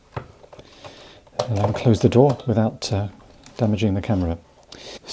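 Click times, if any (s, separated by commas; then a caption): 0.2 s. A loaded film insert is pushed metal into metal into the film back of a Mamiya M645 medium-format camera and latches with a sharp click at 0.2 s, after a small slip. Someone talks through the rest of the clip, and the insert is seated.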